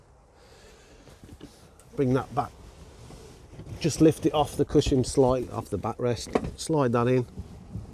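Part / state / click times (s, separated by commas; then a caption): bed infill panel into camper seat/bed frame / not seated / none. A bed infill panel in a Citroen Relay MWB off-grid camper conversion is lifted slightly off the backrest cushion and slid toward its slot in the seat/bed frame while someone talks, with faint handling knocks near 1.4 and 1.8 seconds. Nothing has seated or locked into place yet.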